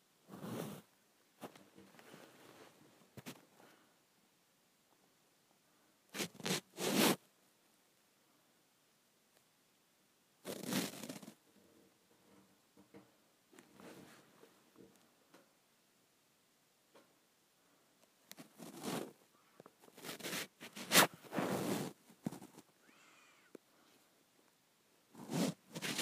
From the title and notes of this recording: ASMR Getting Lotion out of the Bottom of the Bottle.